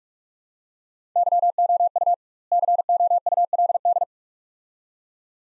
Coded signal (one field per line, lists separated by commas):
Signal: Morse code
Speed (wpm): 46 wpm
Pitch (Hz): 700 Hz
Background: none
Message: YOU COULD